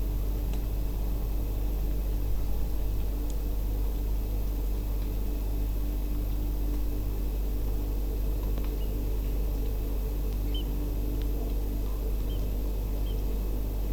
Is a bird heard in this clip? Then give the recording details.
yes. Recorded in France